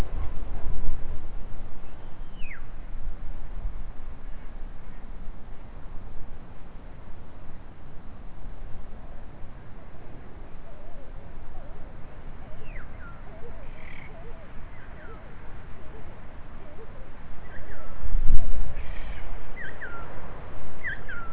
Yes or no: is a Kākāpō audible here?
no